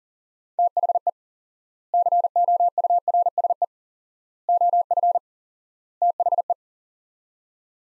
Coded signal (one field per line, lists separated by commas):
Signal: Morse code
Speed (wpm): 40 wpm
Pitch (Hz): 700 Hz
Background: none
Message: THE COURSE OF THE